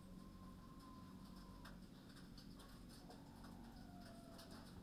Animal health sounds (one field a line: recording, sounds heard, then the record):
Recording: poultry house recording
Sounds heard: healthy chickens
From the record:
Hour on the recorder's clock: 20